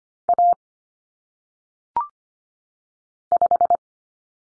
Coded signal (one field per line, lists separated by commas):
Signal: Morse code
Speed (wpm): 25 wpm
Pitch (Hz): 700 Hz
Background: none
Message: A 5